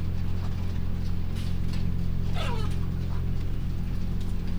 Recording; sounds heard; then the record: poultry house recording; sick chickens (respiratory disease)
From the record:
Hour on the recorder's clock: 1